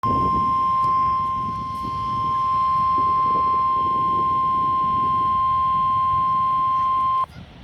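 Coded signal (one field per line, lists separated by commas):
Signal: Emergency Alert System (SAME) tones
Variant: 1050 Hz attention tone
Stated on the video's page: Weather radio alert for a second severe thunderstorm warning.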